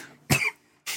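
A single sharp, explosive adult cough in a quiet room, with the start of another sound at the end.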